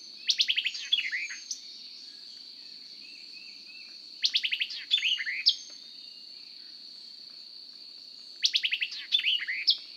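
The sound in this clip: White-eyed Vireo song: a crisp, jumbled phrase of sharp chips and slurred whistles, repeated three times about every four seconds, with a continuous insect hum.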